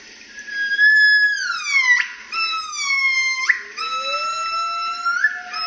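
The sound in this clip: Gibbon song: long wailing notes that hold, then glide down and swoop back up, with a second lower voice rising slowly underneath near the end.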